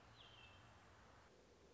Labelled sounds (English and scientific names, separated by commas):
American Robin (Turdus migratorius)